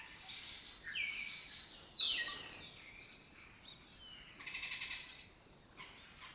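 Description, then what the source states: Lesser kestrel calls: whistled notes, one loud steeply falling screech, then a buzzy pulsed rasp and a few short chips. Colony that took over an abandoned house complex in Doñana, southern Europe; migratory birds that forage in West Africa and breed in southern Europe.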